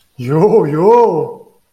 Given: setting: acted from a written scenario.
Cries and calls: vocal sound without words; negative surprise

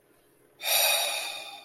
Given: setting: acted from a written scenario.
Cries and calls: vocal sound without words; relief

